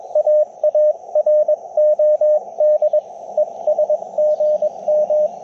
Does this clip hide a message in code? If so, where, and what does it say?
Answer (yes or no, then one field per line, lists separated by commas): yes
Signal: Morse code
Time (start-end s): 0.2-5.3 s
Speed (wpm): 21 wpm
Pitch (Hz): 600 Hz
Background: radio noise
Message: AAROD ES GM